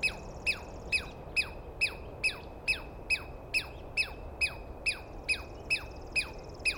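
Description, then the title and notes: Douglas squirrel calling: loud, sharp down-slurred squeaks repeated steadily more than twice a second, with a faint bird trill in the background. Douglas pine squirrel screaming at length at dawn, morning of 21 April 2017, East Cascades. "Interview With The Chipmunk. On the morning of 21 April, 2017, I set up my microphones and recorder for a nice dawn recording in the East Cascades. I was started awake by a screaming Douglas Pine Squirrel"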